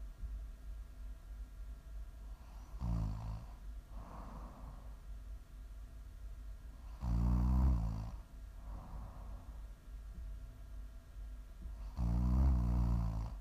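Three loud, low, rattling inspiratory snores at roughly 12 per minute, each around a second long, with quieter breathy exhalations between them. Ordinary rhythmic snoring from an adult during sleep.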